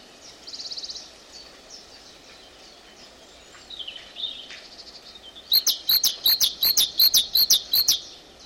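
Great tit song: a loud, rapid series of repeated two-note phrases near the end, after softer twitters and trills, over steady background noise.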